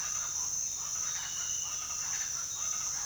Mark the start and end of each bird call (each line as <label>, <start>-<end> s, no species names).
bird call, 0.00-3.05 s